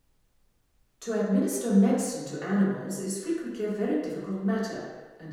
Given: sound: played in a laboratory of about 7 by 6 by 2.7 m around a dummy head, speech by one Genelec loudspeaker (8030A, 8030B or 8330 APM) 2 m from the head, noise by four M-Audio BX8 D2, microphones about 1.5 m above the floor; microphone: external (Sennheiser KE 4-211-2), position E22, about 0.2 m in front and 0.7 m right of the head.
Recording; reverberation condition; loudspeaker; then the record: female speech in English; high; 60 degrees to the left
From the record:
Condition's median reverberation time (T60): about 1300 ms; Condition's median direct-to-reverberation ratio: about -4.0 dB